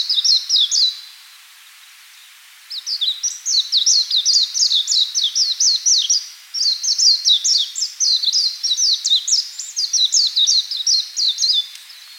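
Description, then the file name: Warbling white-eye giving a brief burst of high, quick chips, a silent gap of under two seconds, then a long run of rapid, slurred twittering notes. "Zosterops japonicus"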